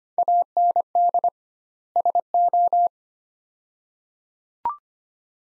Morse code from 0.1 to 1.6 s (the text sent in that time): AND